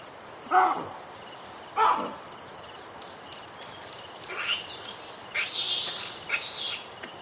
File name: audio hero Baboon